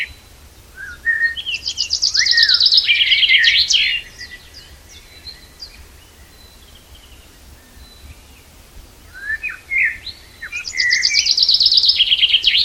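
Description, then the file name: Common chaffinch singing twice: each phrase opens with a few lower notes, runs into a rapid descending trill and ends in a quick flourish; a second song begins near the end. "Fringilla coelebs"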